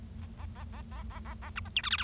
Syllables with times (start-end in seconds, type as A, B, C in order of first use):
0.22-0.25 A, 0.39-0.46 A, 0.55-0.64 A, 0.73-0.81 A, 0.91-1.03 A, 1.10-1.19 A, 1.25-1.34 A, 1.42-1.50 A, 1.56-1.60 B, 1.65-1.68 C, 1.76-1.81 D, 1.83-1.89 E, 1.91-1.97 F, 1.98-2.04 F